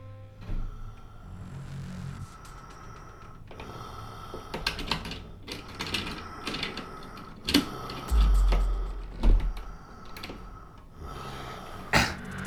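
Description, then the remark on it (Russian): A man lying at a door breathes heavily, his labored breaths rasping in and out in uneven gasps, with a few harsher, cough-like bursts and soft mechanical clicks scattered through; no one speaks. “Че дышишь так, а? Тебе трудно, что ли?”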